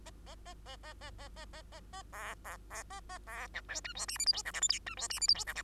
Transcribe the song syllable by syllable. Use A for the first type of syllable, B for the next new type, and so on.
A A A A A A A A A A A B B B A A B C D E F G H I J K L M N E F G H I J K L